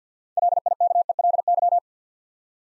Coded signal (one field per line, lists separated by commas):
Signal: Morse code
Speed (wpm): 50 wpm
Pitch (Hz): 700 Hz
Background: none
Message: LIKELY